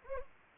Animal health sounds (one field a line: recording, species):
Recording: mosquito wingbeat signal from an infrared sensor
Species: Anopheles gambiae